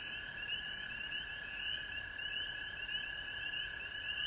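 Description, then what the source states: Frog chorus of continuous high trills, with short rising peeps repeating on top. Frogs at home in Georgia on March 19, 2020.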